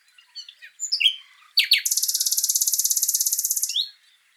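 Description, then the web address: Common nightingale song: a few scattered chirps and squeaks, then a dense, rapid buzzy trill lasting about two seconds, closing with a short rising note. "SETE data Luscinia megarhynchos"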